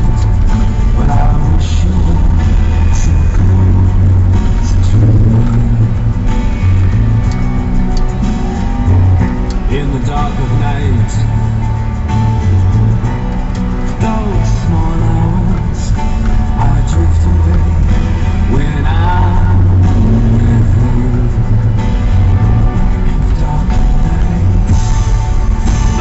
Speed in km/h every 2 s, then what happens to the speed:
17, 16, 14, 12, 11, 10, 12, 13, 14, 16, 17, 18, 19.
0-11 slows to 10. 11-26 speeds up to 19.